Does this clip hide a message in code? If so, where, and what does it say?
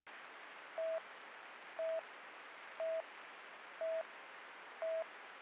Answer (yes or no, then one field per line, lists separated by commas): no